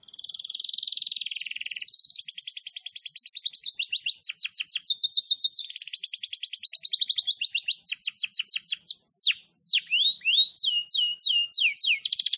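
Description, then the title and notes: Canary singing a long, continuous song of fast buzzy trills that change tempo and tone every second or two, with sweeping whistled notes late on. Wild canary singing continuously, used as a tutor recording for training caged canaries. "Pikat Kenari GACOR PANJANG INI Cocok Untuk Masteran KENARI LIAR. Masteran burung kenari gacor parah"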